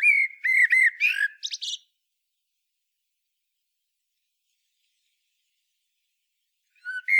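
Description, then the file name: Common blackbird phrase of mellow whistled notes breaking into high scratchy twitters, followed by a long pause and the start of another whistle. "Turdus merula"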